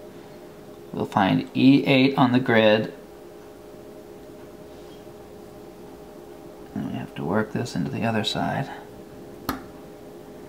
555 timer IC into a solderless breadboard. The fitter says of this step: pops right into place and we've now cross this little channel